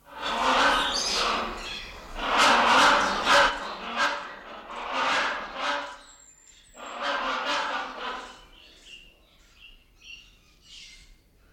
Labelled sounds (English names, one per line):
Great Hornbill